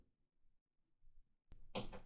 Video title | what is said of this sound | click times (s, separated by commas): UNBOXING A COMPLETE CUSTOM SET OF THE STRAW HAT PIRATES AS MINIATURE FIGURES. | And it line clicks into place just like this. | 1.5 s, 1.8 s